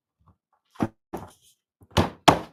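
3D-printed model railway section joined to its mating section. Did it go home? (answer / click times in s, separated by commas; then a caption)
yes / 2.3 s. A tight-fitting 3D-printed plastic model railway section, the PTF2 piece, is pushed together with its mating section. A few dull thunks at about 0.8, 1.1 and 2.0 seconds lead up to a sharp snap at 2.3 seconds, when the piece seats fully into place.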